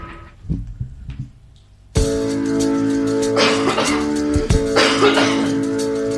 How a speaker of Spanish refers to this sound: La tos esa no ha sido